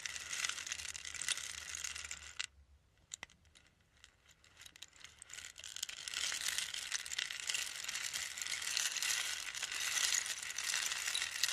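A rain stick pours out a dense, bright hiss of tiny pattering grains that runs steadily for about two seconds, then drops off abruptly into near silence with a few scattered ticks. Around five seconds the trickle builds again and swells back to a full, continuous rush until the end.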